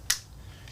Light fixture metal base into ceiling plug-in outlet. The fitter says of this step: clicks into the outlet so now once that Outlet's on